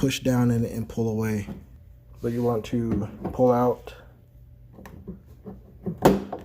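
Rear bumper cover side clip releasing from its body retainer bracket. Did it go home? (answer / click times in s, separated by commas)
released / 6.1 s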